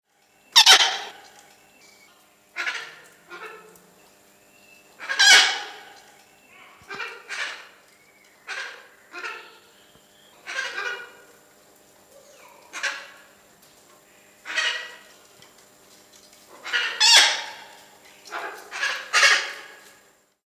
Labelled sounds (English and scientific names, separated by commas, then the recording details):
Salmon-crested Cockatoo (Cacatua moluccensis)
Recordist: Tembrock, Günter
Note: Rufe einer Gruppe